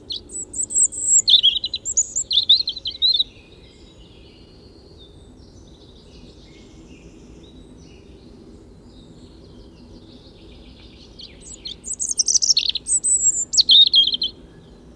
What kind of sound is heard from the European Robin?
song